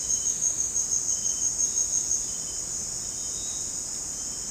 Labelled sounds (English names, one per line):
none